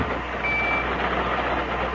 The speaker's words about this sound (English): Hi there. What the hell is that noise? Oh, sorry. I've got a pocket alarm watch, and it keeps trying to tell me something.